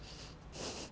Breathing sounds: one breath in and out by a microphone near the nose and mouth; strong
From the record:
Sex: male

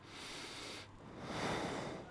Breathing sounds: one breath in and out by a microphone near the nose and mouth; normal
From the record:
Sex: male

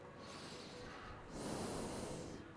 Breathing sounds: one breath in and out by a microphone near the nose and mouth; normal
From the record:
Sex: male

